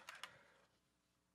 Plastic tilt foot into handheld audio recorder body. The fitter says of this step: will pop right into